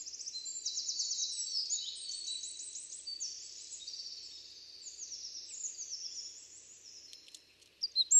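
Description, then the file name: Eurasian wren song, high rattling trills in sliding runs that fade out, followed by a few sharp clicks at the end. "Troglodytes troglodytes"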